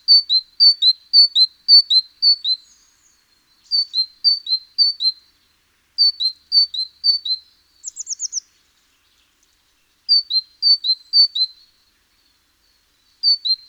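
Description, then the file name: Great tit singing repeated two-note phrases in several bursts, with a short, very high, rapid trill between them. "Parus major"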